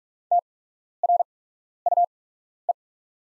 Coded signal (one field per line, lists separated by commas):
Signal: Morse code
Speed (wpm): 44 wpm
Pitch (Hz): 700 Hz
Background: none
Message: TRUE